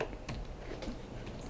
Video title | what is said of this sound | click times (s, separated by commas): GoPro HERO (2018) Tutorial: How To Get Started | it's all the way in you'll see it's going to snap into place just like that and you'll be able to push down this tab again and | 0.0 s, 0.3 s